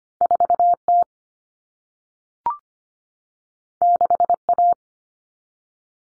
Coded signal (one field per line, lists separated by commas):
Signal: Morse code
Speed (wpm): 25 wpm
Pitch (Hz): 700 Hz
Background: none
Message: 4T 6A